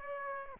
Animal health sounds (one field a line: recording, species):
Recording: mosquito wingbeat signal from an infrared sensor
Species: Aedes aegypti